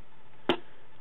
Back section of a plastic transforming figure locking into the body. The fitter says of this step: I'm not down just kind of lock that into place nice